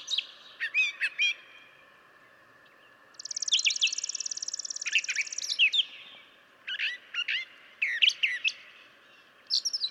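Brown Thrasher song: sharp note clusters, then a long buzzy trill, followed by more varied doubled phrases.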